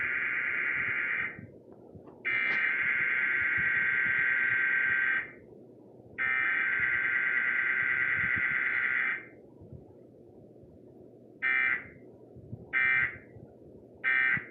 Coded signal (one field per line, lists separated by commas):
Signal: Emergency Alert System (SAME) tones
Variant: header bursts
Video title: WFAA Required Weekly Test (EAS #392).